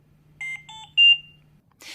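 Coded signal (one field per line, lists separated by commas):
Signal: alarm pattern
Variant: Trilogy 100 ventilator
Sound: three short rising-then-falling electronic beeps in quick succession over a low hum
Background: low electrical hum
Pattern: 3 short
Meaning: Medium priority alarm requiring prompt attention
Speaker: this is a medium priority alarm you hear three beeps in a repeating pattern and the audio pause button flashes yellow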